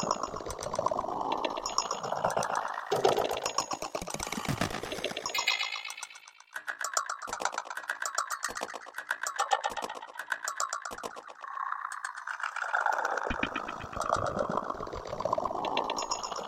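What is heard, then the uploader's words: Metal street furniture struck and rattled by hand, with ringing, wavering tones that swell and sag, sharp clanks near 3, 7 and 13 seconds. Enhanced live recordings of street furniture (signposts, gates, fences, bins, etc) made with contact microphones.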